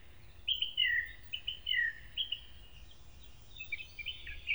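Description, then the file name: Eurasian blackcap singing scratchy warbled phrases in quick clusters, ending in a brighter flurry of notes over a low background rumble. "moenchsgrasmuecke"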